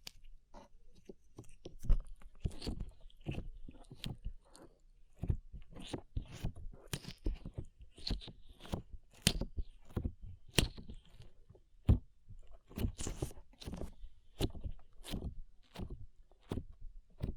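Slime being squished and pressed, with rapid sticky pops and crackles arriving in dense irregular bursts, some sharp and bright, throughout.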